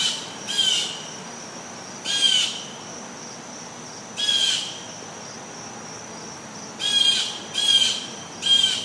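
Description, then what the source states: Bird calls: several short, harsh bursts, each carrying a thin whistled note, irregularly spaced over a steady, high, hissing background. Birdsong offered as a healing sound to listen to.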